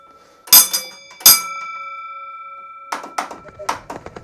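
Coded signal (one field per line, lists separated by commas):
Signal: bell signal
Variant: railway block bell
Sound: two sharp bell strikes ringing on, then a flurry of soft knocks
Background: small room, handling noise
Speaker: So those block bells then was Eastbox offering a train onto us on the tunnel line via King's Junction. And then they were also saying that the train that was in platform 4 has now vacated,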